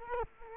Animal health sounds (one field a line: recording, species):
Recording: mosquito wingbeat signal from an infrared sensor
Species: Culex quinquefasciatus